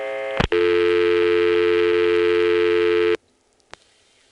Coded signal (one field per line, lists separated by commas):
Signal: telephone call progress tone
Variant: North America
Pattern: dial tone